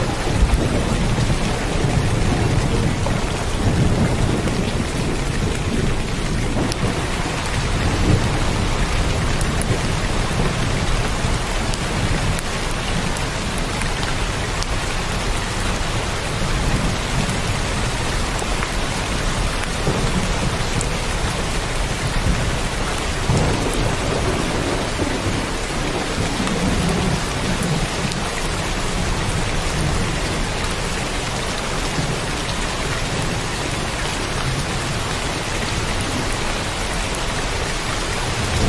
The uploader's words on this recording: The podcast opens with a symphony of distant thunder, rumbling and rolling across the vast expanses of a nocturnal panorama. Thunderstorm.